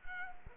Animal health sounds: mosquito wingbeat signal from an infrared sensor; Culex quinquefasciatus

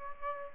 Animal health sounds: mosquito wingbeat signal from an infrared sensor; Aedes aegypti

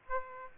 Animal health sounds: mosquito wingbeat signal from an infrared sensor; Aedes aegypti

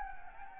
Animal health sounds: mosquito wingbeat signal from an infrared sensor; Anopheles arabiensis

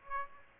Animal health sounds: mosquito wingbeat signal from an infrared sensor; Aedes aegypti

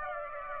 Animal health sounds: mosquito wingbeat signal from an infrared sensor; Aedes aegypti

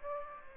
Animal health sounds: mosquito wingbeat signal from an infrared sensor; Aedes aegypti

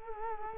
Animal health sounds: mosquito wingbeat signal from an infrared sensor; Culex quinquefasciatus

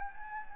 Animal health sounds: mosquito wingbeat signal from an infrared sensor; Anopheles gambiae

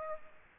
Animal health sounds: mosquito wingbeat signal from an infrared sensor; Aedes aegypti

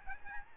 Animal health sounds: mosquito wingbeat signal from an infrared sensor; Aedes albopictus

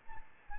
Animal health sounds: mosquito wingbeat signal from an infrared sensor; Aedes albopictus

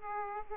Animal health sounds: mosquito wingbeat signal from an infrared sensor; Aedes aegypti

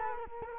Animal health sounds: mosquito wingbeat signal from an infrared sensor; Culex quinquefasciatus

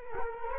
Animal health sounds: mosquito wingbeat signal from an infrared sensor; Culex quinquefasciatus

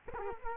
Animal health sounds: mosquito wingbeat signal from an infrared sensor; Culex quinquefasciatus

